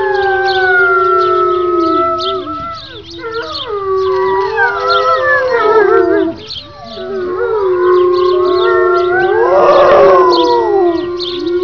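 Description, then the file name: Grey wolf: several grey wolves howl together, long smooth tones mixed with quavering, yodel-like slides, swelling louder toward the end with a brief noisy burst. Chorus howling. "Chorus howling with Koshie and East Lake wolves"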